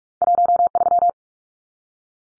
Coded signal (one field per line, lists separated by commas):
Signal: Morse code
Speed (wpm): 44 wpm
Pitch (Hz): 700 Hz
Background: none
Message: 13